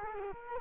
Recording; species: mosquito wingbeat signal from an infrared sensor; Culex quinquefasciatus